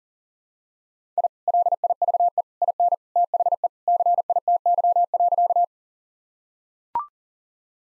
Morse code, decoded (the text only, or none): I LIVE IN THE CITY.